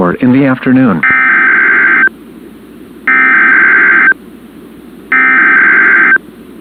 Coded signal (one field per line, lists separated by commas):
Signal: Emergency Alert System (SAME) tones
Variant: header bursts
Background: speech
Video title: EAS - CRP Required Weekly Test on WXK26 - 12/07/2022